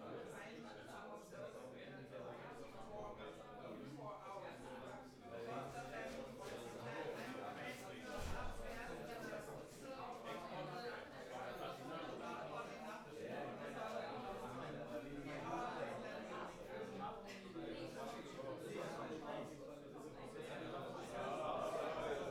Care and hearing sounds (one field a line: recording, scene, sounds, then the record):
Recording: everyday scene through a hearing-aid microphone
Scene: many people talking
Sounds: many voices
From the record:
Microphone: behind the ear, right, front